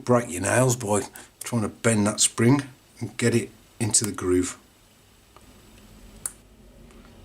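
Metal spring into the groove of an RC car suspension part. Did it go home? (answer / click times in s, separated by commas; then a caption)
yes / 6.3 s. Someone talks while a metal spring, its bent end hooked into a hole, is bent and worked into the groove of a plastic suspension part on a Tamiya XV01 RC car. After a quiet stretch of faint handling noise, the spring snaps into place with a sharp click at 6.3 s, seating it in the groove.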